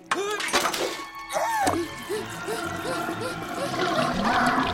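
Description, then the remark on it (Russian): Water rushes noisily down a drain in a steady, hissing gush that swells toward the end as a fish is flushed away, while several excited voices chatter and exclaim over it. “Он смылся! Я так рад! Он там не пропадет? Не волнуйся, все стоки ведут в океан.”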